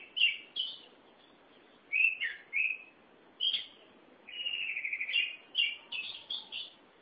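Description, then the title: Oriental magpie-robin song of loud whistled notes and slurred phrases, including a fast rattling trill midway, separated by short silences. "Suara Kicauan Burung Kacer Durasi Panjang"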